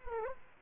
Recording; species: mosquito wingbeat signal from an infrared sensor; Culex quinquefasciatus